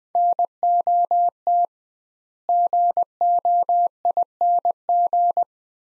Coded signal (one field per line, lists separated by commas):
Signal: Morse code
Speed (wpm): 20 wpm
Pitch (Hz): 700 Hz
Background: none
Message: NOT GOING